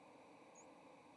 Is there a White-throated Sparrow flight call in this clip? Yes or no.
no